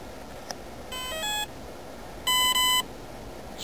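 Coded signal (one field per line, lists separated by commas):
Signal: beep code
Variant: ETTI ESC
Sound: quick rising three-note chirp, pause, then a steady bright beep with brief dropout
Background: room hiss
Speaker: so the last beep you heard was the confirmation beep which means the um ask is now programmed for 2s lipo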